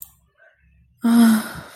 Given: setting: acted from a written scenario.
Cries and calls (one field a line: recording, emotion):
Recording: vocal sound without words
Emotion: guilt